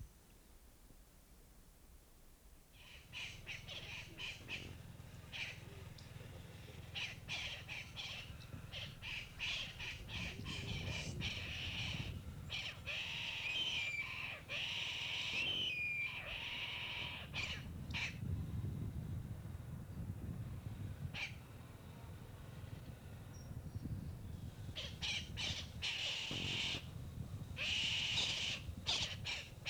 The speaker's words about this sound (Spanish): Escapa y aparecen las loras y una especie de rapaz.